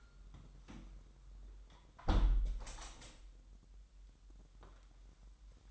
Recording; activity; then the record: daily activity, microphone in the room; close window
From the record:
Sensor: 3